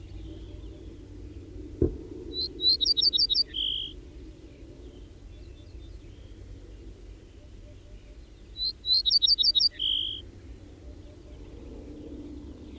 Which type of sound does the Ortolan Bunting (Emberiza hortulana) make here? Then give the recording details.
song. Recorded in the wild. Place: Adamclisi, Dobrogea, RO. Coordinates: 44.086, 27.956. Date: 1973-05-03. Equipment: Nagra III BH, Sennheiser MD 21, parabola. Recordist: Schubert, Michael. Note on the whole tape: Gesang Ortolan